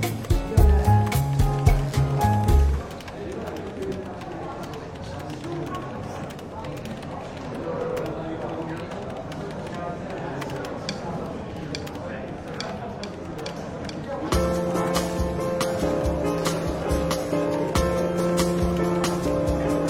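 A bookshop café hums with a steady murmur of overlapping voices, dotted with small clinks and clicks of cups and cutlery. Soft jazz with a walking bass plays for the first few seconds, drops away, then returns from about fourteen seconds on.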